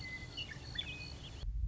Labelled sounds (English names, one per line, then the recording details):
Western Meadowlark
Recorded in Sonoma County, California